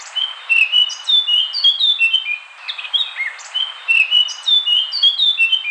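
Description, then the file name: Eurasian blackcap song of clear whistled notes and short fluty slurs mixed with scratchy twitters, delivered in a steady flowing stream over light background hiss. Compilation covering all variations of the song. "burung blackcup semua variasi"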